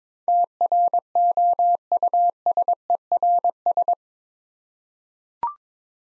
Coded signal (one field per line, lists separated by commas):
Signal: Morse code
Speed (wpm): 22 wpm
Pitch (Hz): 700 Hz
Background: none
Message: TROUSERS